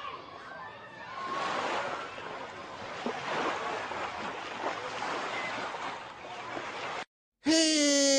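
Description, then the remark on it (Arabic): Waves wash onto a seashore in a steady, hissing rush of surf that swells and recedes for several seconds, then cuts out briefly before a bright, tonal sound begins at the end. “سنذهب إلى شاطئ البحر.”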